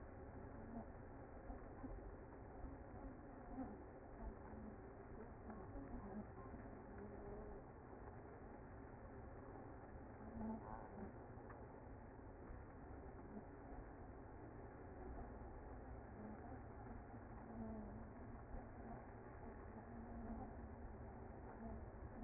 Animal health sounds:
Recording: honeybee colony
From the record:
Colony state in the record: active

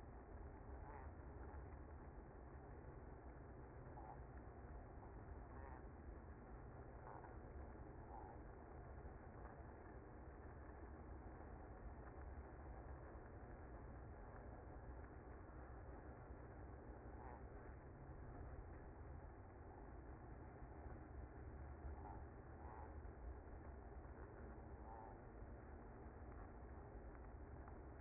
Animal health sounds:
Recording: honeybee colony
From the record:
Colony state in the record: active

